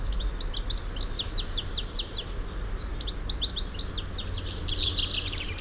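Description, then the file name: European goldfinch, lively liquid twittering of quick high chirps, nearly continuous throughout with a short pause near three seconds, over faint low hum. "Carduelis carduelis"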